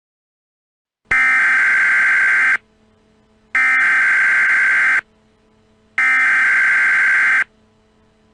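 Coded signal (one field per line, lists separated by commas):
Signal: Emergency Alert System (SAME) tones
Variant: header bursts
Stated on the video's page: Fictional EAS scenario.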